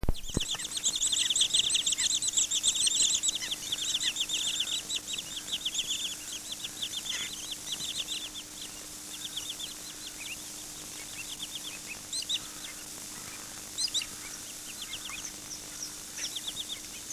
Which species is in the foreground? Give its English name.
Wood Sandpiper